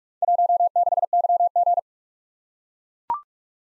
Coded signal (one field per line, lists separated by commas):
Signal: Morse code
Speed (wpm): 44 wpm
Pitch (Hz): 700 Hz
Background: none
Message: 16YG